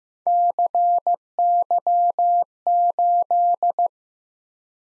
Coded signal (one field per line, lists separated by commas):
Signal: Morse code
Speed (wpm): 15 wpm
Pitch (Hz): 700 Hz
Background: none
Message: CY8